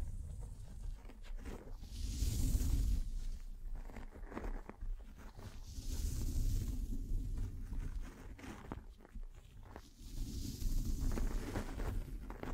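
Brushing and scratching across a microphone, coming in three long swells around 2, 6 and 11 seconds, each a rough, hissy rub with a low thumping rumble underneath. Between swells the scraping drops to softer, scattered scratches and ticks.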